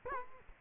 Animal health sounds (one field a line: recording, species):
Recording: mosquito wingbeat signal from an infrared sensor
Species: Culex quinquefasciatus